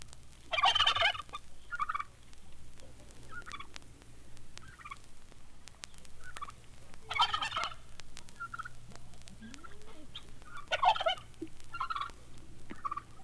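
Turkey gobbling: loud rattling bursts recur every few seconds, with softer calls between, over a steady low hum and background noise.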